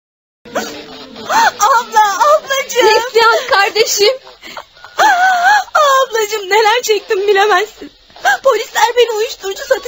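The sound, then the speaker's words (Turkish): A young woman cries and sobs loudly, her voice rising and falling in shaky, wavering wails broken by catches of breath, with one brief pause midway. “Korkma, ağlama güzelim, geçti.”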